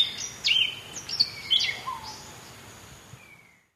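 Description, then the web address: Orange-throated tanager calls: a few sharp high chips followed by short downward-slurred whistles, fading out after about three and a half seconds over soft background hiss. Recorded in Ecuador. "Natures Songs S America Birds of Ecuador. Orange-Throated Tanager"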